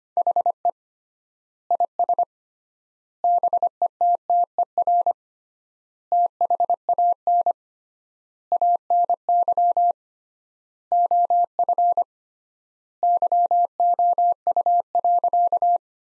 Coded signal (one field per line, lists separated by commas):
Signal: Morse code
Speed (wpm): 25 wpm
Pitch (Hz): 700 Hz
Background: none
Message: HE IS BETTER THAN ANY OF YOU.